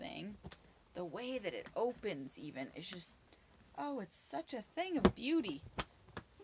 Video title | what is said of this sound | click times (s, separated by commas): 🥾⛰️🦆day 171, June 20, 2021 | the way it snaps you can just hear that snap like | 6.2 s